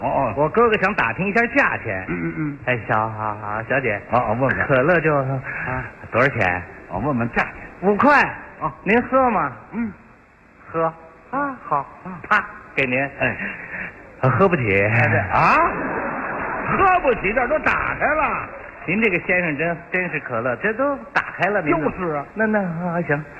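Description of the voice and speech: Adult male comedian imitating a stuttering speaker in a comedy crosstalk routine, portraying his brother who stutters, with the stuttering worse when anxious. Stuttering (imitated), with repetitions and blocks while asking a shop clerk the price of a cola.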